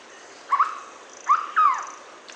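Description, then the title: Hooded berryeater call: a brief two-pulse note, a pause, then a quick upslurred note and a longer falling whistle, all in a mid-pitched range. "LuckyPassaro Completos2Sama. Hooded Berryeater (Carpornis cucullata)"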